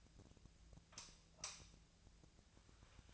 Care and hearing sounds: daily activity, microphone in the room; light off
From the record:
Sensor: 2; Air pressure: 1009.7 hPa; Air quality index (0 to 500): 182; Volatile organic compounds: 11 ppm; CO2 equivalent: 2268 ppm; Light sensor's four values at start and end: 33/86/36/39 and 28/68/29/32

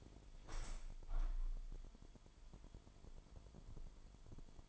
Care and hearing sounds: daily activity, microphone in the room; open window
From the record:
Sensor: 5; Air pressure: 998.7 hPa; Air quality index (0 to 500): 100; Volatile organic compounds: 2 ppm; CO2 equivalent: 1152 ppm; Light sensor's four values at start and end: 33/82/34/38 and 33/82/34/38

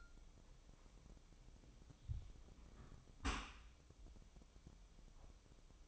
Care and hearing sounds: daily activity, microphone in the room; close dishwasher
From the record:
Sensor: 1

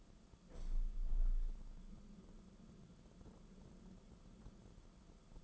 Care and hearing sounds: daily activity, microphone in the room; open window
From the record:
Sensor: 5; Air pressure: 994.4 hPa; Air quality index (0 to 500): 186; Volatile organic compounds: 1000 ppm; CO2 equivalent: 5480 ppm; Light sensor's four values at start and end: 9/22/9/10 and 9/23/9/10

